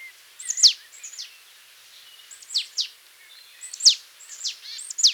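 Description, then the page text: Marsh tit giving repeated sharp, high, downslurred call notes in small clusters, with quieter chirps and soft hiss behind. "Marsh Tit Calls. Quick Sounds"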